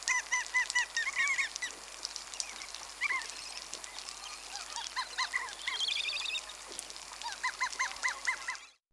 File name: crab plover